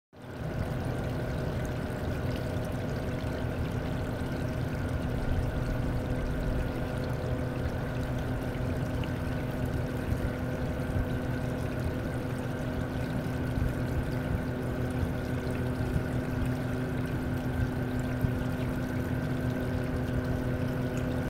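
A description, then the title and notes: Water pours steadily over a waterfall sculpture in a continuous, dense rush that holds the same level from start to finish after a quick fade-in. Beneath the splashing runs a constant mechanical hum with a few fixed low and mid tones, likely a pump. Calming Waterfall Sculpture.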